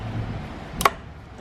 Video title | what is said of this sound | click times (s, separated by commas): 2009-2016 Volkswagen Tiguan - Ambient Temperature Sensor Replacement | press it until it clicks and then you'll be able to put this back up in the bracket | 0.8 s, 0.9 s